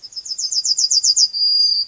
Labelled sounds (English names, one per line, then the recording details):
Yellowhammer song
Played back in grassland
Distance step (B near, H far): B
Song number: 116